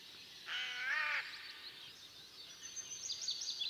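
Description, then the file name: Eurasian jay giving a single harsh, rasping screech lasting under a second, followed by thin high twittering of small birds in the background. "Garrulus glandarius"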